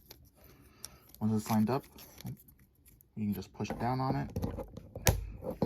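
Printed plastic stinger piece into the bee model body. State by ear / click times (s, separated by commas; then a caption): seated / 5.1 s. A 3D-printed plastic stinger piece is lined up with its socket on a printed Minecraft bee model body and pushed down. Someone talks, then a sharp snap is heard at 5.1 s. The stinger locks into place.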